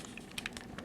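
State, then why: Not seated. The plastic windshield/chest panel of a transforming plastic combiner robot toy is moved down and pressed toward its body slots, producing several small plastic taps. The panel fails to snap into place, and nothing has seated or clicked yet.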